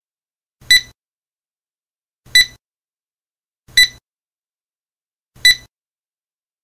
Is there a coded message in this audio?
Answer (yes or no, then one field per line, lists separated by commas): no